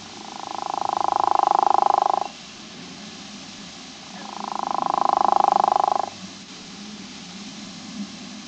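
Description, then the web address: True frog croaking in two long, pulsed trills separated by a pause, over a steady background hiss. "frogs Family Ranidae"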